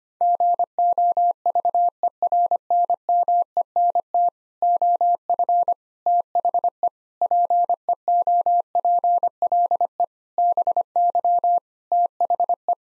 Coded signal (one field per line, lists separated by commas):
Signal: Morse code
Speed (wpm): 25 wpm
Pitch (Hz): 700 Hz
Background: none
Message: GOVERNMENT OF THE PEOPLE BY THE